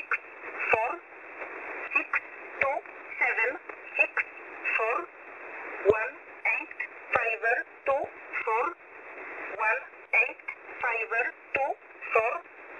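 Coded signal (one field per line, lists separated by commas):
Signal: numbers station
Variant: E11 (Oblique)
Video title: 5409kHz USB Polish Number Station E11 calling 520 (23.06.2024)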